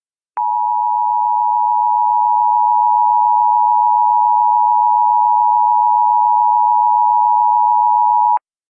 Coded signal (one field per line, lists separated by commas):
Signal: Emergency Alert System (SAME) tones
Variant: 853 and 960 Hz attention tone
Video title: EAS Scenario | Wings of Fire | The NightWing Exodus